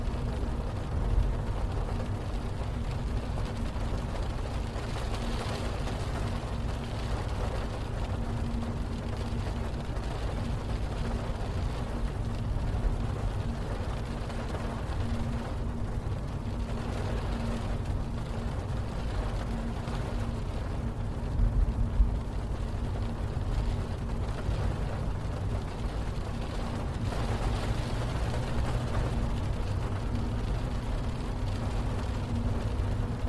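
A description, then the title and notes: Steady rumble of driving inside a car, with a constant low engine and road drone and a faint hum holding one pitch throughout. Rain patters lightly on the roof as a fine, even hiss, with brief brighter swells around 5, 16 and 27 seconds. Driving in the rain. Solf thunder. Inside car Ambience. Rain on car roof.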